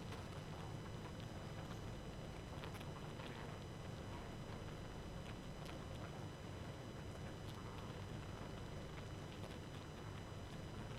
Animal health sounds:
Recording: honeybee colony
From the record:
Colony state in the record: active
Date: 12 June 2018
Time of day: 23:14

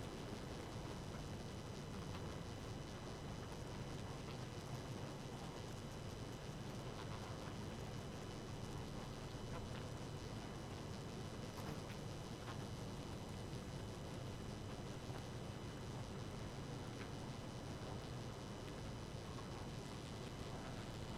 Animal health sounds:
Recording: honeybee colony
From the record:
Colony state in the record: active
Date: 12 June 2018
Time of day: 1:03

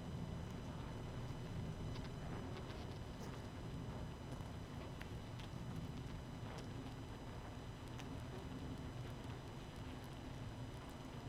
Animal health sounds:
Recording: honeybee colony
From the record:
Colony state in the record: missing queen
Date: 31 May 2018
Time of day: 19:56

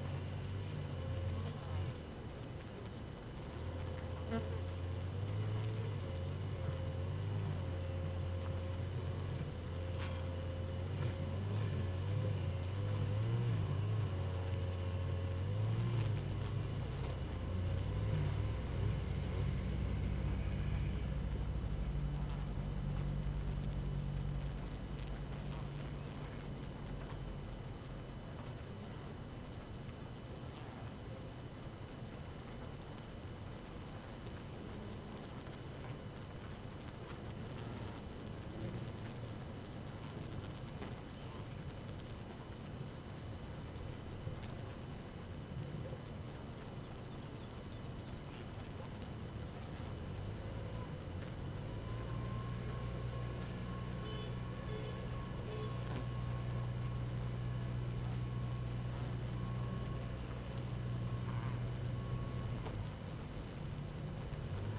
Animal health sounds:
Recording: honeybee colony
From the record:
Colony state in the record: active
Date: 12 June 2018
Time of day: 4:21

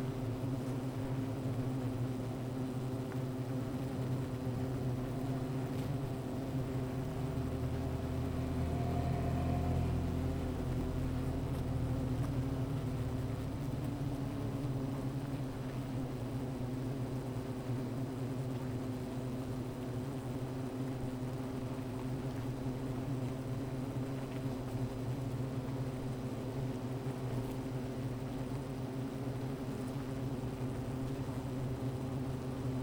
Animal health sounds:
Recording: honeybee colony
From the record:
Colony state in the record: missing queen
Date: 14 July 2017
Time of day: 15:25

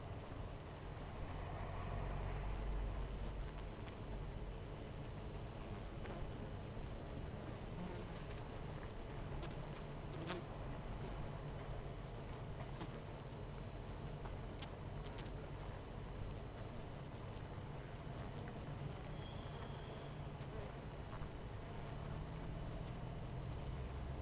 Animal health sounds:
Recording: honeybee colony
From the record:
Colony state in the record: missing queen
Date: 14 July 2017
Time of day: 18:18

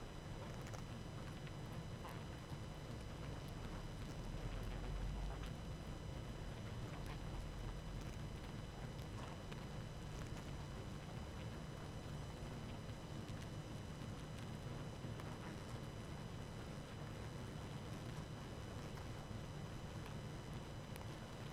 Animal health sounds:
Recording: honeybee colony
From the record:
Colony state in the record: active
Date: 12 June 2018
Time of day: 19:13

